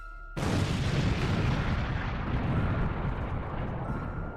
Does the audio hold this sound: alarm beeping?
no